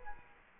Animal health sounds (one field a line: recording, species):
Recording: mosquito wingbeat signal from an infrared sensor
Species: Culex quinquefasciatus